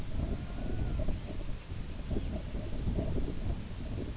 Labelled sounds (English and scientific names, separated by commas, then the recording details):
Red-throated Loon (Gavia stellata), Red Phalarope (Phalaropus fulicarius)
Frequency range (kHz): Red-throated Loon (Gavia stellata) 0.2-1.8 kHz; Red Phalarope (Phalaropus fulicarius) 1.9-3.7 kHz
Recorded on Arctic tundra, site IGLO-B, on 19 June 2018
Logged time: 23:59